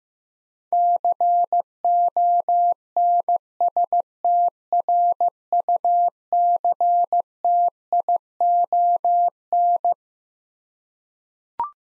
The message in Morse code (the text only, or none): CONSTRUCTION